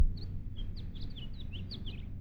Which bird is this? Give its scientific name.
Haemorhous mexicanus